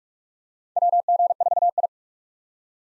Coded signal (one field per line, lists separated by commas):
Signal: Morse code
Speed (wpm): 47 wpm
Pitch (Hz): 700 Hz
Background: none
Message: WG4I